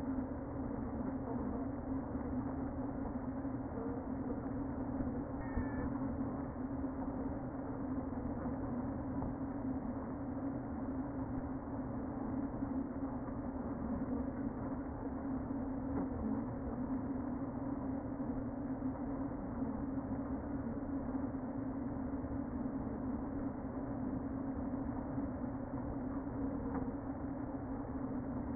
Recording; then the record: honeybee colony, microphone inside the hive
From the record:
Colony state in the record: queen present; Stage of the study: before two queens were removed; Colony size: about 60,000 bees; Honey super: yes